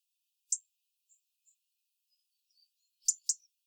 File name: Erithacus rubecula